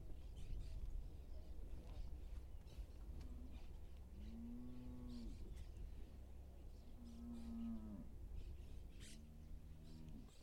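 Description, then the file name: Cow giving several low, drawn-out moos a couple of seconds apart over a rumbling background with faint scattered clicks. Cows ruminating. "Cow Ruminating Vacas Rumeando"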